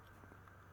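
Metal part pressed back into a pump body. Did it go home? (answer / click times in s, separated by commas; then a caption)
no / none. A metal part is being pressed back into the body of a Coleman pump, with light hammer taps used to push the parts back down. A low, steady hum runs under faint handling noise, with a small tick at 0.5 s. Nothing has seated or clicked yet.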